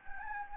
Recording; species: mosquito wingbeat signal from an infrared sensor; Anopheles gambiae